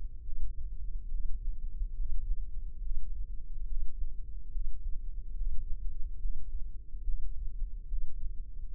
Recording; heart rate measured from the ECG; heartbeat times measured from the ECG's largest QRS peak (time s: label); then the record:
heart sounds by microphone in the left ear; 71 bpm
0.20 s: heartbeat
1.07 s: heartbeat
1.93 s: heartbeat
2.79 s: heartbeat
3.64 s: heartbeat
4.49 s: heartbeat
5.33 s: heartbeat
6.17 s: heartbeat
7.01 s: heartbeat
7.85 s: heartbeat
8.68 s: heartbeat
From the record:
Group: healthy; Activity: breath hold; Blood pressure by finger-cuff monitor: 85/54 mmHg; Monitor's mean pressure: 67 mmHg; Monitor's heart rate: 70 bpm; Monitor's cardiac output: 5.9 L/min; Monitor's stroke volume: 85 mL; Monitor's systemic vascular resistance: 810 dyn s/cm5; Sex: female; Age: 26 years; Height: 165 cm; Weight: 55 kg